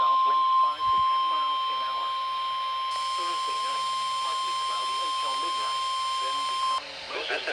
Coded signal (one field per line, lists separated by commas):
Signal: Emergency Alert System (SAME) tones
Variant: 1050 Hz attention tone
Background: speech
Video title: RWT Galore: EAS Tests From 6/12/24 (EAS #2570-2577)